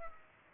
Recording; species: mosquito wingbeat signal from an infrared sensor; Culex pipiens